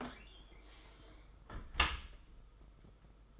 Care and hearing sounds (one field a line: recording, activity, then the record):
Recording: daily activity, microphone in the room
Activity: close dishwasher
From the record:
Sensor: 5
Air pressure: 991.5 hPa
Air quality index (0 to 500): 116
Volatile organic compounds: 36 ppm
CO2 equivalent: 3077 ppm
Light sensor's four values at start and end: 39/125/47/51 and 39/123/47/50